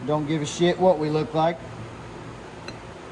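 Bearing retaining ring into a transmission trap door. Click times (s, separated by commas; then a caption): 2.7 s. A steel retaining ring is pressed over a new bearing into its groove in an aluminium Harley Davidson transmission trap door. Someone talks for the first 1.5 seconds, then after a low steady background a short, sharp click comes at 2.7 s as the ring seats in the groove, confirmed good to go.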